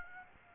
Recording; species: mosquito wingbeat signal from an infrared sensor; Aedes aegypti